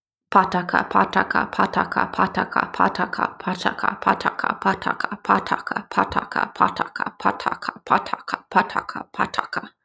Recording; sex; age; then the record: repeated syllables /pa ta ka/; female; 20 to 29 years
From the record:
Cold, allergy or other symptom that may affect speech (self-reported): no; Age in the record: 25 years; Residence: Texas, United States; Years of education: 16